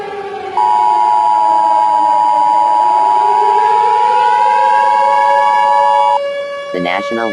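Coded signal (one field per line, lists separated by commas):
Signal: Emergency Alert System (SAME) tones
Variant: 853 and 960 Hz attention tone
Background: speech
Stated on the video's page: Fictional EAS scenario about severe winter storms and a snow tornado, not a real alert.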